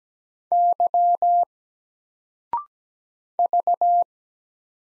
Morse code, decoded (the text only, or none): Y V